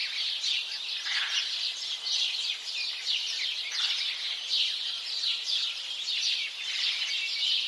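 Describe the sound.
House sparrows chatter nonstop, overlapping bright chirps forming an unbroken, busy flock chorus.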